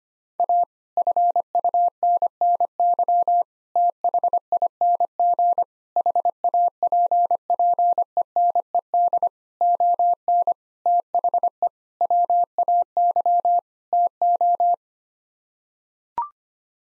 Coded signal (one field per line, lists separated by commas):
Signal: Morse code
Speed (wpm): 25 wpm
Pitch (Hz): 700 Hz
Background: none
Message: A FUNNY THING HAPPENED ON THE WAY TO